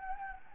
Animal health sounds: mosquito wingbeat signal from an infrared sensor; Anopheles gambiae

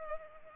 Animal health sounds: mosquito wingbeat signal from an infrared sensor; Culex pipiens

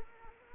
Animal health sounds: mosquito wingbeat signal from an infrared sensor; Anopheles arabiensis

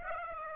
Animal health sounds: mosquito wingbeat signal from an infrared sensor; Aedes aegypti

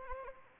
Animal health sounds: mosquito wingbeat signal from an infrared sensor; Anopheles arabiensis

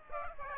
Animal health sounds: mosquito wingbeat signal from an infrared sensor; Aedes aegypti

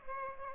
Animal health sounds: mosquito wingbeat signal from an infrared sensor; Aedes aegypti

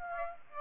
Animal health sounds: mosquito wingbeat signal from an infrared sensor; Aedes aegypti

